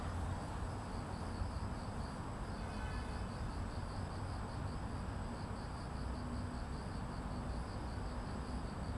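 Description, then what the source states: Cricket song, a steady pulsed high trill over a constant low rumble of street traffic. Evening at Banpo Jugong Apartment Complex 1, Banpo-bon-dong, Seocho-gu, Seoul, South Korea; grass insects with street traffic.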